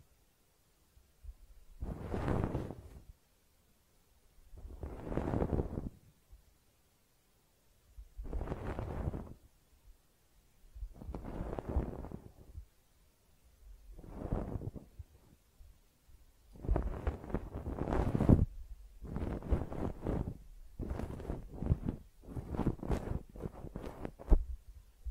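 Close-up ear cleaning: rough, rustling scrapes come in separate bursts about every three seconds, each swelling and fading with quiet gaps between. After about sixteen seconds the strokes turn quicker and denser, following each other with only brief pauses.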